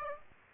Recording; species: mosquito wingbeat signal from an infrared sensor; Aedes aegypti